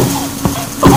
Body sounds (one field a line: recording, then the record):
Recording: coughing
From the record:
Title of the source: Spring Allergy Coughing